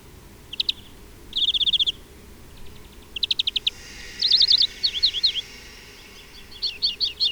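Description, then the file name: European greenfinch twittering, with fast trilled bursts followed by quick up-and-down chirping notes in short clusters. "Chloris chloris"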